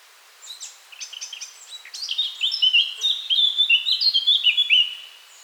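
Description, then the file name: Eurasian blackcap sings a scratchy, subdued opening that swells into a loud run of clear, fluty warbled notes lasting several seconds. "Sylvia atricapilla"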